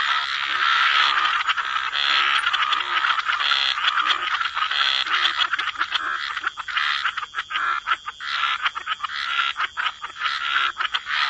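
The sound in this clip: Frog chorus, a continuous wash of raspy croaks that later breaks into choppier bursts, over a steady high hiss.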